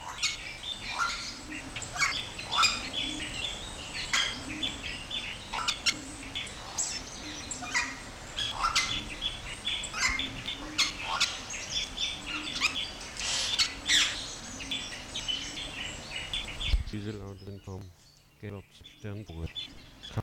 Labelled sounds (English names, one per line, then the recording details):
Yellow-rumped Cacique
Red-and-yellow Barbet
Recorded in captivity
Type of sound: song, call, call sequence
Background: Trachyphonus erythrocephalus
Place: Zoo Berlin, Berlin, DE
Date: 1993-04-02
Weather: sonnig, -1 bis + 5°C
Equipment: Marantz CP 430, Sennheiser ME 80, Kopie Uher Variocord 263
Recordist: Tembrock, Günter
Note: Lautfolgen